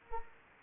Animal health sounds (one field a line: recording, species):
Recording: mosquito wingbeat signal from an infrared sensor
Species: Anopheles arabiensis